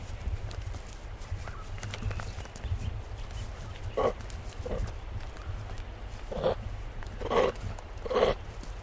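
Eastern grey kangaroo grunts, short harsh bursts scattered irregularly and growing louder toward the end, over a low steady rumble.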